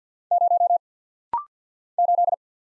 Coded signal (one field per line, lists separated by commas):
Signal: Morse code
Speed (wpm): 50 wpm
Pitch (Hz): 700 Hz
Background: none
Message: 0 8